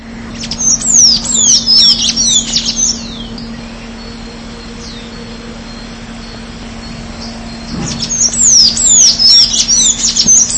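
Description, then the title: Bird song in two rapid bursts of high, twisting whistled slurs, the first lasting about three seconds and the second returning near the end, with a steady low hum throughout. "LuckyPassaro Completos2Sama"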